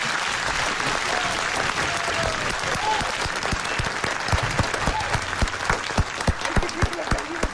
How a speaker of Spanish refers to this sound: Aplaudimos.